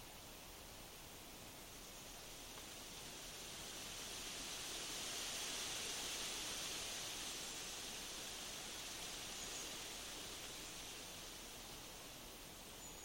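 Leaves rustle steadily in the wind, a dense, even hiss with no separate creaks or knocks standing out. The sound is bright and airy, swelling gently around the middle as a gust passes before easing back slightly toward the end.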